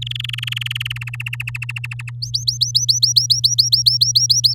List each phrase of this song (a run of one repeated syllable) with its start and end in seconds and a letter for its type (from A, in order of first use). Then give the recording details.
0.02-0.93 A, 0.96-2.10 B, 2.22-4.54 C. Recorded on 11 May 2018 at 09:24. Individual llb16